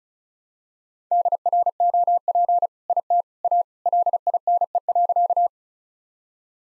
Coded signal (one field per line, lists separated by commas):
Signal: Morse code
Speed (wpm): 34 wpm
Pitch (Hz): 700 Hz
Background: none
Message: DROP IT A LINE.